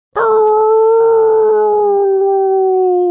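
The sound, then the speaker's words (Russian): A circus animal named Romashkina howls in a circus arena: a single loud, sustained howl begins abruptly and holds a steady tone, its pitch sliding slowly downward over about three seconds, with no voices. “Завыла Ромашкина, и в тот же момент свет в зале погас.”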